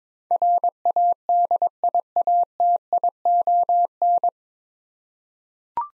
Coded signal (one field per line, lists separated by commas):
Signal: Morse code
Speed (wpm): 22 wpm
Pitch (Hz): 700 Hz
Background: none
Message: RADIATION